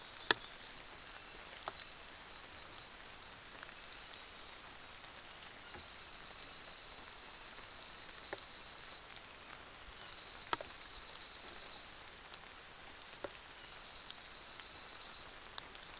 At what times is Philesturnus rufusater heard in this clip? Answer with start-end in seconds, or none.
5.48-9.11, 9.94-11.95, 13.36-15.46